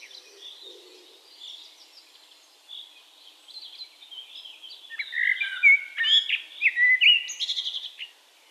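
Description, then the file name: Eurasian blackbird song: quiet high twittering at first, then fluted warbling phrases in the second half, ending in a burst of high squeaky twittering. "Turdus merula"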